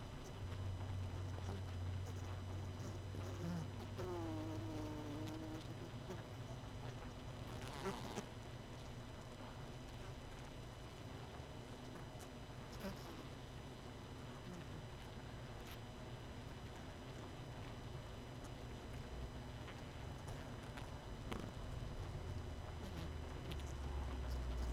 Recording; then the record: honeybee colony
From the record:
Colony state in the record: missing queen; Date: 31 May 2018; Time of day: 19:21